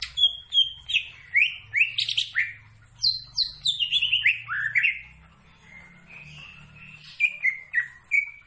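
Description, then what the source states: Greater green leafbird song: rapid sweeping notes, a quieter stretch of soft whistles, then a few more slurred phrases; faint low hum beneath. Described as gacor, singing actively.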